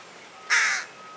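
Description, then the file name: Carrion crow producing a single short, hoarse caw lasting about a third of a second, with a faint steady tone in the background. "Corvus corone"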